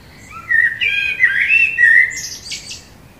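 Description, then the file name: Common blackbird song: a single phrase of liquid, mellow whistles sliding up and down, finished with a short high-pitched squeaky twitter. "Turdus merula"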